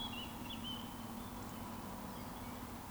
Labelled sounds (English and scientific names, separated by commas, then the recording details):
Eurasian Woodcock (Scolopax rusticola) whistle
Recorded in Baden-Württemberg, Germany, on 13 June 2020 at 19:33 UTC
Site 14569, 102 m above sea level